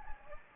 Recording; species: mosquito wingbeat signal from an infrared sensor; Anopheles gambiae